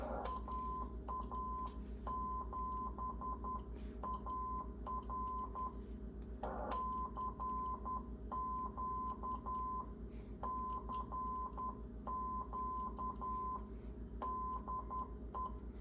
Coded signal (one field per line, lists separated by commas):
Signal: Morse code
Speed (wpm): 10 wpm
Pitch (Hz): 1020 Hz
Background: none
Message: AA7AR CQ CQ DE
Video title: Dave wants a QSO w/ the Stack-O-MFJ!